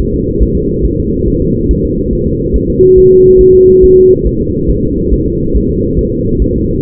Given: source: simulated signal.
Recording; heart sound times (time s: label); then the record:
fetal heart sounds
0.14 s: S2
0.43 s: S1
0.57 s: S2
0.85 s: S1
1.00 s: S2
1.28 s: S1
1.42 s: S2
1.71 s: S1
1.85 s: S2
2.13 s: S1
2.27 s: S2
2.56 s: S1
2.70 s: S2
2.98 s: S1
3.12 s: S2
3.41 s: S1
3.55 s: S2
3.84 s: S1
3.98 s: S2
4.27 s: S1
4.41 s: S2
4.70 s: S1
4.85 s: S2
5.14 s: S1
5.28 s: S2
5.56 s: S1
5.71 s: S2
5.99 s: S1
6.13 s: S2
6.42 s: S1
6.56 s: S2
From the record:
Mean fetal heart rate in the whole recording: 140 bpm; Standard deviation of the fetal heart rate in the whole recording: 2 bpm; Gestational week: 34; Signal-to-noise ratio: -14.7 dB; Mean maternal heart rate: 72 bpm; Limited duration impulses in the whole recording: present